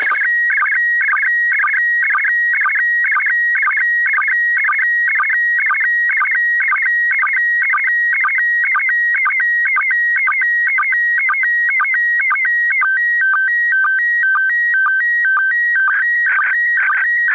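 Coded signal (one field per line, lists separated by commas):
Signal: SSTV (slow-scan television)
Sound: steady warbling two-pitch tone with rhythmic low clicks about twice a second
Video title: ISS SSTV - Receiving Images Using a Portable Set Up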